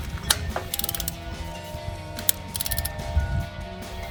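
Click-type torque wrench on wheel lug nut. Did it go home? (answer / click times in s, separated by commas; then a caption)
yes / 0.3 s, 2.3 s. A click-type torque wrench set to 150 ft-lb tightens the lug nuts on an F-150 rear wheel in a star pattern. Two sharp clicks sound at 0.3 s and 2.3 s, with lighter ratcheting ticks between them. After pressing through the two clicks, the nut is tight.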